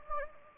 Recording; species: mosquito wingbeat signal from an infrared sensor; Anopheles gambiae